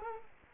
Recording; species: mosquito wingbeat signal from an infrared sensor; Culex quinquefasciatus